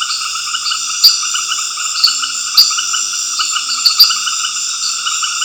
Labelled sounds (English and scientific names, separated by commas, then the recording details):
none
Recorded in dense forest near Puerto Asís, Putumayo, Colombia, on 9 March 2025 at 19:00
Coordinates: 0.481, -76.323
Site G088